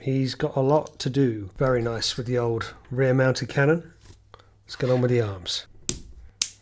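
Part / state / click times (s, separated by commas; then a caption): plastic arm/cannon part snapping onto a toy robot kit figure / seated / 5.9 s, 6.4 s. Someone talks while assembling a plastic snap-fit toy robot figure kit, fitting its arm and rear-mounted cannon parts. Two sharp clicks are heard at 5.9 s and 6.4 s as the plastic pegs seat, and the parts click together.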